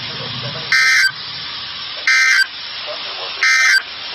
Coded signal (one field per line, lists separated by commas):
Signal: Emergency Alert System (SAME) tones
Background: speech